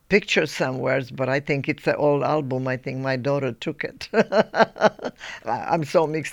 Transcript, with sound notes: picture somewheres but I think it's an old album. I think my daughter took it. (she laughs) I'm so mixed up.